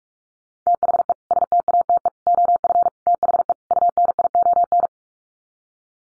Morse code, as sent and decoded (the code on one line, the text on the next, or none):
- .... . / ... - .- - . / --- ..-. / - .... . / ..- -. .. --- -.
THE STATE OF THE UNION